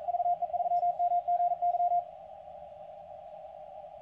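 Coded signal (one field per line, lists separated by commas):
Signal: Morse code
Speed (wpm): 44 wpm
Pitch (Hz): 720 Hz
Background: radio noise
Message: VE3MGY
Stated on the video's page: Received on the FTX1 and the IC-705 in a receiver performance comparison.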